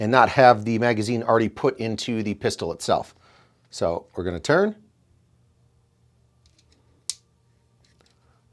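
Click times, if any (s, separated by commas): 7.1 s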